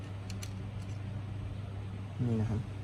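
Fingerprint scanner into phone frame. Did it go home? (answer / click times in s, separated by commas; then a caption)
no / none. A fingerprint scanner is being handled into a phone frame during an A30/A50/A550s screen replacement, with its locking tab being inserted. Two brief faint ticks are heard at about 0.3 and 0.4 s over a steady low hum, and someone talks near the end. Nothing has seated or clicked yet.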